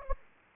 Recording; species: mosquito wingbeat signal from an infrared sensor; Anopheles gambiae